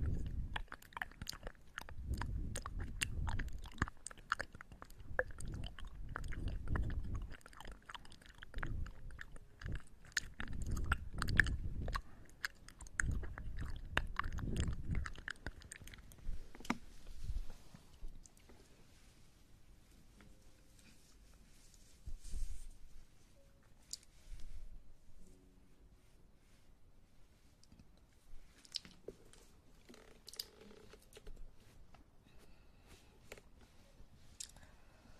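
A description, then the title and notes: Crackly rubbing of an ear massage, dense rustling and scratching with soft low thumps, busiest in the first sixteen seconds. After that it thins to sparse, quieter brushes and taps, with a brief louder burst near twenty-three seconds. Ear Massage.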